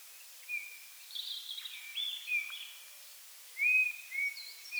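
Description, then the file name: Eurasian bullfinch call notes: soft piping whistles, with one louder arched note late. "Pyrrhula pyrrhula"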